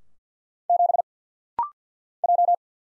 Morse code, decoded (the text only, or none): 7 J